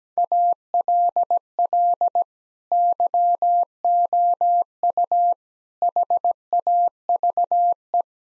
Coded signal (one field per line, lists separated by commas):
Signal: Morse code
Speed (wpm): 17 wpm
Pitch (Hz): 700 Hz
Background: none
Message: ALL YOU HAVE